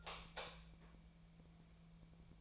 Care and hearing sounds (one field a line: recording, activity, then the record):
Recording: daily activity, microphone in the room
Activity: light off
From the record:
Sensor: 1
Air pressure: 1000.0 hPa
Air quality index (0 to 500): 128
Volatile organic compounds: 2 ppm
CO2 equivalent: 1212 ppm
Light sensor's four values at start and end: 44/116/48/58 and 40/101/42/52